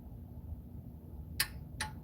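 A torque wrench tightens a brake caliper bolt to 35 Nm while the extension is held. Over a low background rumble, the wrench gives a sharp click at 1.4 s, followed by a second, fainter tick at 1.8 s. The bolt has reached its 35 Nm torque.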